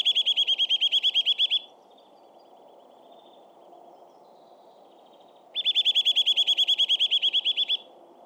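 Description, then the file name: Eurasian nuthatch giving two rapid trills of clear, piping whistled notes, separated by about four seconds of quiet with faint low hum. "Sitta europaea"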